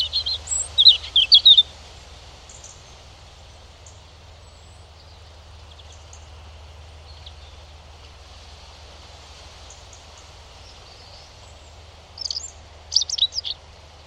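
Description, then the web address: European robin song: a brief high trilling phrase, then a long quiet gap of about ten seconds before two short, thin, squeaky phrases; low hum throughout. "Deverinetal 2025 File origin Bird Only Er Ru"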